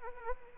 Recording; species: mosquito wingbeat signal from an infrared sensor; Anopheles arabiensis